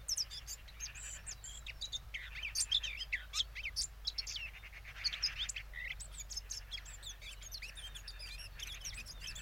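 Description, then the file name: Eurasian blackcap giving a fast, varied warbling song of chirps, slurred whistles and twittery notes, running continuously with a steady low hum beneath. "Sylvia atricapilla"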